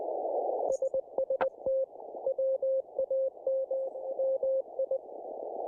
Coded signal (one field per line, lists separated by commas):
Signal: Morse code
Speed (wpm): 20 wpm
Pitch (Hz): 530 Hz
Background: none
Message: SST WAM MI